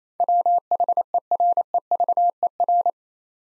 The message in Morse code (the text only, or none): WHEREVER